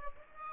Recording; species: mosquito wingbeat signal from an infrared sensor; Aedes aegypti